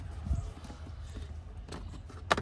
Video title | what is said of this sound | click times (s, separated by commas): How To Replace The Cabin Air Filter On A Toyota Camry - Step-By-Step Guide | and then you just want to push it you'll hear it lock into place | 2.3 s